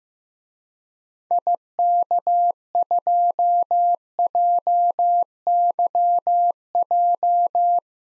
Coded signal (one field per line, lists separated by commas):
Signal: Morse code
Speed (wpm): 15 wpm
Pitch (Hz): 700 Hz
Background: none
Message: IK2JYJ